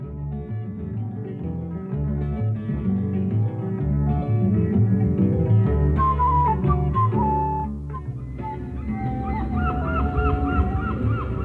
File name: Gulls on a Dump - 09 04 2018 12 16